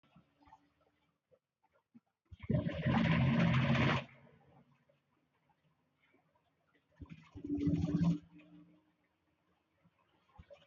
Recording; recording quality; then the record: deep breathing; poor, much background noise or distortion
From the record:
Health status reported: healthy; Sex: male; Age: 29 years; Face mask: worn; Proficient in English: yes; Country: India